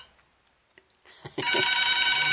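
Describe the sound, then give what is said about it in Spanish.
A telephone in a radio station booth starts ringing loudly after a few faint clicks and a brief rustle, its bright, steady electronic trill of stacked high tones holding without a break to the end. “Teléfono en cabina.”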